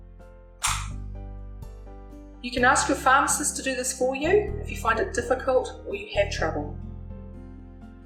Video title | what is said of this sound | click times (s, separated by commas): How to use your Respimat device | the transparent clear base back onto the device until you hear a click | 0.7 s